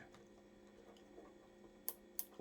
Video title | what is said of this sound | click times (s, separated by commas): CAN-AM RYKER INTAKE PROTECTIVE GRILLS INSTALLATION VIDEO | just to hear a click okay | 1.9 s, 2.2 s